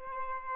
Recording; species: mosquito wingbeat signal from an infrared sensor; Aedes albopictus